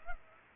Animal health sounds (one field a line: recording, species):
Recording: mosquito wingbeat signal from an infrared sensor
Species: Culex pipiens